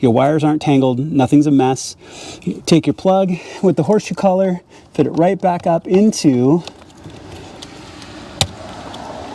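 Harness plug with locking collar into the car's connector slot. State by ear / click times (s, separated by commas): seated / 8.4 s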